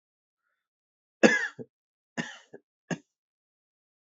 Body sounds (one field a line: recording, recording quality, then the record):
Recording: heavy voluntary cough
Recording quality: excellent, no background noise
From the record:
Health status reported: COVID-19 positive, mild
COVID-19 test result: positive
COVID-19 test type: RT-PCR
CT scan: not taken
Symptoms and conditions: cough, cold, fever, fatigue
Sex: male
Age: 26 years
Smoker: no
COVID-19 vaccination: both doses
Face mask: not worn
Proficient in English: yes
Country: India